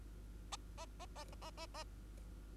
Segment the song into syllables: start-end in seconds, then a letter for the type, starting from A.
0.52-0.56 A, 0.78-0.86 A, 1.00-1.06 A, 1.16-1.24 A, 1.32-1.35 A, 1.42-1.51 A, 1.57-1.66 A, 1.74-1.84 A